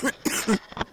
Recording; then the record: coughing mixed with background sound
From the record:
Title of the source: 30 Chesty and wet cough